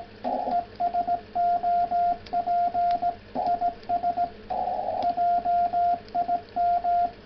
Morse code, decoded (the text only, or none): ES OP IS JIM